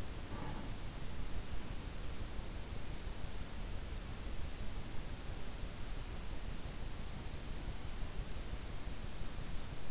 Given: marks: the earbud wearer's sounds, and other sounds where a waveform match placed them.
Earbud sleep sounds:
sounds in sleep by an in-ear microphone; teeth grinding
0.00-1.03 s: teeth grinding

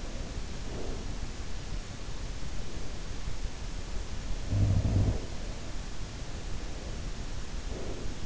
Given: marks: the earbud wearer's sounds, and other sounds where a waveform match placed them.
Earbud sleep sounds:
sounds in sleep by an in-ear microphone; breath
0.22-1.45 s: breath
4.30-5.81 s: sound from someone else or the room
6.38-8.26 s: breath

